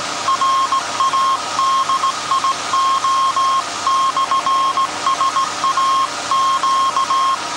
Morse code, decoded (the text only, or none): RADIO / SAQ